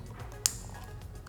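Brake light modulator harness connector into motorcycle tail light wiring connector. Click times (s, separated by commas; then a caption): 0.5 s. A TST Industries brake light modulator's plastic wiring harness connector is plugged inline into the three-pin tail light connector of a 2013-or-later Honda CBR600RR motorcycle. It latches with a single sharp, loud click at 0.5 s, followed by only faint ticks over low background noise. The connector is seated.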